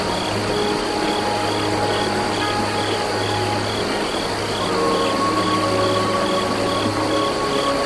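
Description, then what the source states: Crickets chirp in steady repeated pulses alongside held flute tones, with flowing water and a low background drone. Crickets by a small river.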